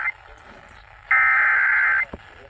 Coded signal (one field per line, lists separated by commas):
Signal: Emergency Alert System (SAME) tones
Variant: header bursts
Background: speech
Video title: Slight Risk Shenanigans II (EAS Alerts from 6/18/2022) (EAS # 1093-1121)